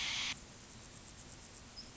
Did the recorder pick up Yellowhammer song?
no